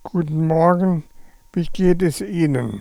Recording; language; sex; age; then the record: spoken sentence; German; male; 80 to 89 years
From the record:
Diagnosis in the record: presbyphonia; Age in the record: 81 years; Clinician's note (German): Vox senilis